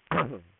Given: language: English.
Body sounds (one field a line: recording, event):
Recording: throat vibration sensor signal played as sound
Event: throat clearing